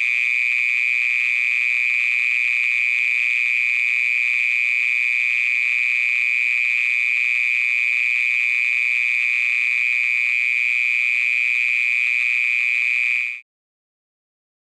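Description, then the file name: Mole cricket song, an unbroken even churring trill at a constant pitch that stops abruptly near the end, leaving silence. "Gryllotalpa sp"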